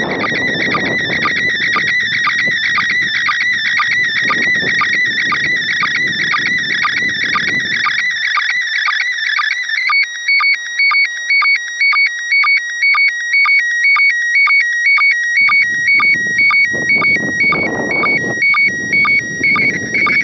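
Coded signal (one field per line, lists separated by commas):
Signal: SSTV (slow-scan television)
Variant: PD120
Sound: warbling high tones stepping between two pitches, with a rhythmic low chirp about twice a second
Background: low rumbling noise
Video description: ISS-SSTV (MAI-75) images in PD120 mode received on TH-D74E + Arrow-2 Antenna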